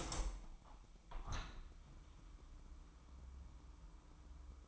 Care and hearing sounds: daily activity, microphone in the room; open window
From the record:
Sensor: 1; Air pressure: 998.0 hPa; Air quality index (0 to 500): 134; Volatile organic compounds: 4 ppm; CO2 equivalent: 1604 ppm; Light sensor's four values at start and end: 17/56/22/23 and 17/55/22/23

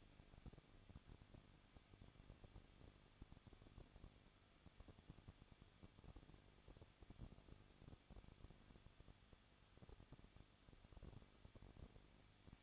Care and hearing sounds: daily activity, microphone in the room; no activity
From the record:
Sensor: 4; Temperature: 23.1 degrees Celsius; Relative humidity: 33.9%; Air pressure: 1007.2 hPa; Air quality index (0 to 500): 215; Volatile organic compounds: 15 ppm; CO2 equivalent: 2483 ppm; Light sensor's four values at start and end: 2/3/1/1 and 2/3/1/1

